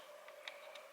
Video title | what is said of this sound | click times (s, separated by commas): 2006 BMW 650i/E64 Fuel Filter Fuel Filter Replacement. This hard job takes time & attention. | Okay. Ready for the click? There was a little click there. | 0.5 s